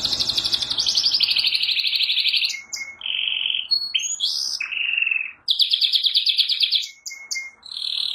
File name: canto do canario giboso espanhol